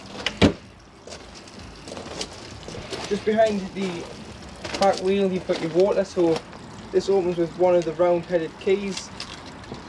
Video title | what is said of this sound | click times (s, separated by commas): Elddis Premuim Edition 195 2018 Handover | clicks back into the vehicle | 0.3 s, 0.4 s